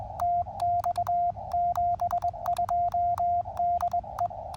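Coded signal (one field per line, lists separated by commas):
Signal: Morse code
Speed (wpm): 21 wpm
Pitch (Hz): 690 Hz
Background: radio noise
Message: TX 72 DE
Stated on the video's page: CW Parks on the Air activation sent with KXPD3 paddles used as a cootie key, Elecraft KX2 into a 9:1 vertical.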